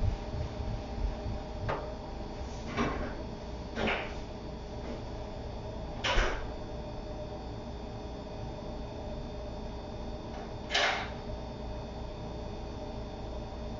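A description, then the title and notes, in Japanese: Kitchen noises: a steady low hum with a faint whine runs throughout. Short, sharp knocks and clatters break in at about 2, 3, 4 and 6 seconds, then once more near 11 seconds, like dishes or a cupboard door being handled. キッチンでの物音。粕漬けを作るための粕床を作っています。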